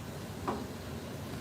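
A hub part is tightened onto a hub assembly until it stops, then given one more small turn. A single short tick is heard at 0.5 s against a quiet background, and the part is seated.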